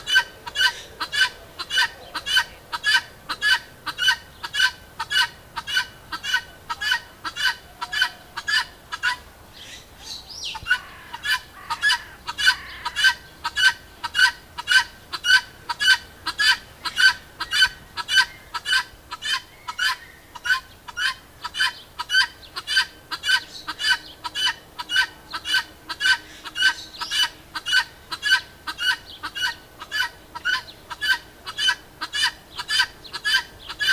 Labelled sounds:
Vulturine Guineafowl (Acryllium vulturinum) call
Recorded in captivity
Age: adult
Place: Zoo Berlin, Berlin, DE
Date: 2000-07-17 13:35
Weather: heiter, 20°C
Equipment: Nagra SN, Kopie Uher 4000 Report Monitor
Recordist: Tembrock, Günter

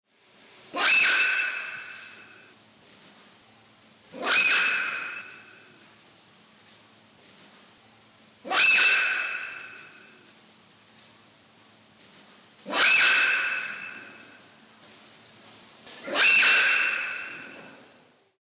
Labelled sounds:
Diana Monkey (Cercopithecus diana)
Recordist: Tembrock, Günter
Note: Weibchen: Laute

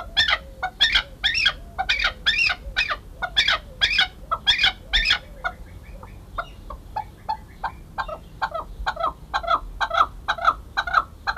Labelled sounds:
Chukar (Alectoris chukar) call
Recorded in captivity
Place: Zoo Osnabrück, Niedersachsen, DE
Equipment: Halbspur, 9,5 cm/s
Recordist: Lütgens, Hans
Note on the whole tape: Rufe

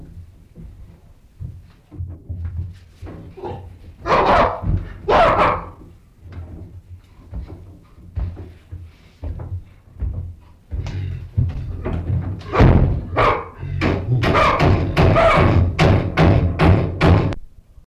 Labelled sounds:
Chimpanzee (Pan troglodytes)
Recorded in captivity
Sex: group
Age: subadult
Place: Zoo Leipzig, Sachsen, DE
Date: 1965-03-26 18:45
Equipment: Telefunken Magnetophon 300, Sennheiser MD 421, Transistorverstärker
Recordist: Tembrock, Günter

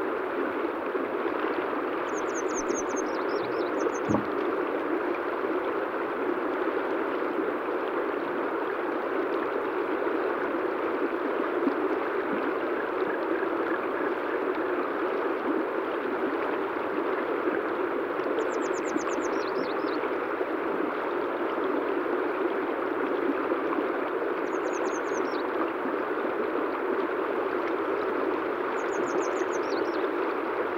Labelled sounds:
Grey Wagtail (Motacilla cinerea) song
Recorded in the wild
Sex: male
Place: Dzhalmyn, MN
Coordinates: 48.166, 107.736
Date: 1979-06-11 07:05
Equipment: Nagra III BH, Sennheiser MD 21, parabola
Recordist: Schubert, Michael
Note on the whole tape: Gesang Gebirgsstelze Männchen

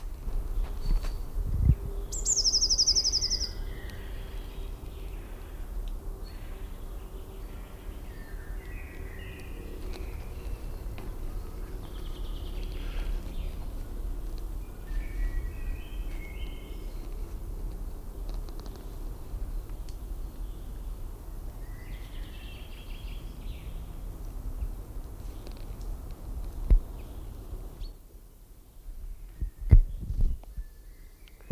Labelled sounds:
Eurasian Blue Tit (Cyanistes caeruleus)
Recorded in the wild
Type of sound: call
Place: Schloß Dammsmühle, Brandenburg, DE
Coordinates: 52.69, 13.41
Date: 1995-05-01 17:16
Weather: heiter 14-15°C
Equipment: Marantz CP 430, Sennheiser ME 80, Kopie Uher 4000 Report Monitor
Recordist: Tembrock, Günter
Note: 2 Rufreihen. Dazwischen 1 Strophe vom Buchfink

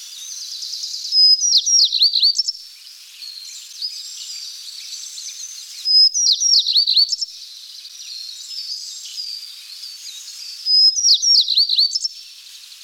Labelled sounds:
Tristram's Bunting (Emberiza tristrami) song
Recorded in the wild
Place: Khekhsir Schutzgebiet, Khekhtsirskiy Gosudarstvennyi Prirodnyi Zakaznik, RU
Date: 1994-05-26
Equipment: Dat-Recorder Casio DA 7, Telinga DAT, Telinga-Parabolspiegel
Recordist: Schwarz, Dieter
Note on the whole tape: Song

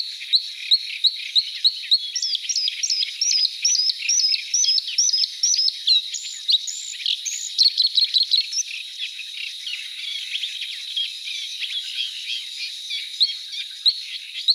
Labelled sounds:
Bluethroat (Luscinia svecica) song
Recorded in the wild
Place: Nagyivan / Hortobagy, HU
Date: 1988-05-20
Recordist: Schwarz, Dieter

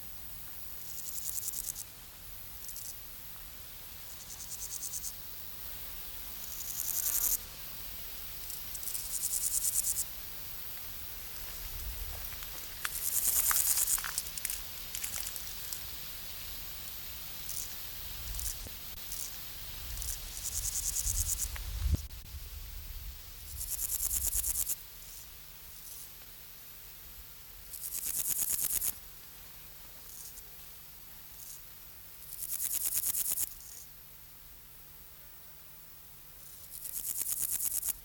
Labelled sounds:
Meadow Grasshopper (Chorthippus parallelus) stridulation
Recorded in the wild
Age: imago
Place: Treuchtlingen, Heumöderntal, Bayern, DE
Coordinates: 48.96, 10.91
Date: 1993-09-02 13:49
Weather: sonnig 18.8°C
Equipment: Marantz CP 430, Sennheiser MKH 416 T, Kopie Uher Variocord 263
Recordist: Tembrock, Günter

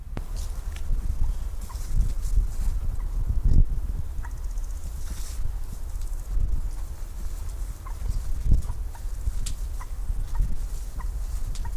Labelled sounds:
Common Moorhen (Gallinula chloropus) call
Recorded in the wild
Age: adult
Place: Mühlenbeck, Brandenburg, DE
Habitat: wetland
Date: 1997-08-03 12:50
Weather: 24°C, heiter
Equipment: Sony MD-WM MZ-R3, Sennheiser ME 80, K 30 AV, Kopie Uher 4000 Report Monitor
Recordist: Tembrock, Günter
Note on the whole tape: Kurzlaute

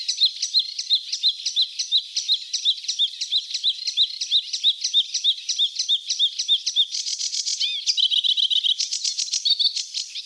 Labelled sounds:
Sedge Warbler (Acrocephalus schoenobaenus) song
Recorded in the wild
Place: Flögelner See, SH, Schleswig-Holstein, DE
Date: 1980-05-28
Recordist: Schwarz, Dieter

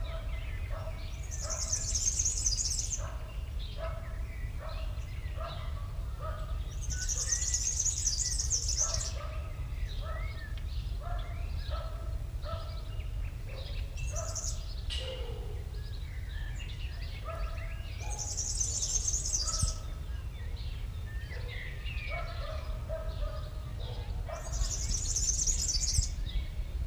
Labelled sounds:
European Serin (Serinus serinus) song
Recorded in the wild
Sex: male
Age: adult
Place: Mönchmühle, Brandenburg, DE
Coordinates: 52.65, 13.395
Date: 1975-05-11 10:15
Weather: hazy, ca. 18°C
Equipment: Uher CR 210, Sennheiser MD 421, Verstärker, Kopie Uher 4200
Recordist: Tembrock, Günter

